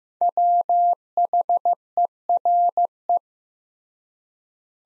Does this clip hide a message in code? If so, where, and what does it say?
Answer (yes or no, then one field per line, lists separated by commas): yes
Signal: Morse code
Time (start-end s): 0.2-3.2 s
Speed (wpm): 15 wpm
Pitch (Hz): 700 Hz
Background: none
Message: WHERE